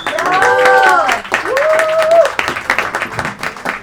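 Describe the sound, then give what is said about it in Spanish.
An audience applauds the youngest member of a project, who was also the style editor of a fanzine, steadily for a few seconds, dense clapping with a couple of high, drawn-out cheering whoops rising over it, then the clapping thins toward the end. “Para continuar con ello, quiero que le brinden otro aplauso a nuestra querida y más joven integrante del proyecto, que además fue la correctora de estilo del fanzine de Letras Rebeldes en esta ocasión.”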